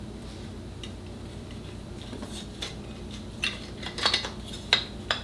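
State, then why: Seated. An attachment piece is hooked under an edge of a vacuum or dust collector housing and pressed down, with light plastic clacks and rattles of handling building up from about 2.6 s. It snaps into place with a sharp, loud click at 4.7 s, followed by one more short tap at 5.1 s, and the piece is seated.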